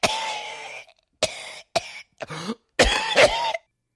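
A run of about six harsh, forceful adult coughs in under four seconds, as if heard from behind you at the supermarket. The first is long and partly voiced; the rest are short, sharp bursts with brief pauses between them. It is a plain cough, and whether it is infectious cannot be told from its sound.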